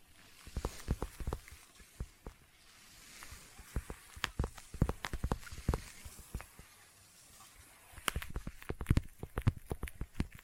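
Sticky tapping and tacky clicks come in quick irregular bursts, sharp and bright, denser near the start and again after eight seconds.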